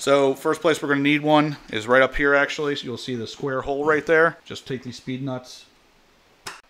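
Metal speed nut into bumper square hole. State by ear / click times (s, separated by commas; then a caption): seated / 6.5 s. Someone talks while a reused metal speed nut (screw insert), pried out of the stock bumper with a tiny screwdriver, is pushed into a square hole in the new Z07 rear bumper during a C8 Corvette Z06-to-Z07 conversion, so the 7 mm screws for the third brake light have something to thread into. After a short quiet pause, a single sharp click at 6.5 s marks the speed nut popping into place, seated.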